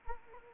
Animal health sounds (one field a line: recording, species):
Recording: mosquito wingbeat signal from an infrared sensor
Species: Anopheles arabiensis